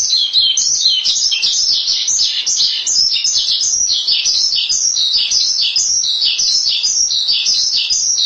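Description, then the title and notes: Starling song, busy high chattering with quick descending slurs repeated again and again, no gaps. "suara burung jalak"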